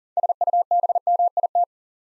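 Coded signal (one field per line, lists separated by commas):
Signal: Morse code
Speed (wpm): 41 wpm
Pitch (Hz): 700 Hz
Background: none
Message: SUBMIT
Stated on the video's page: Morse Code Ninja drill at 40 wpm building 6-letter words two letters at a time for instant character recognition.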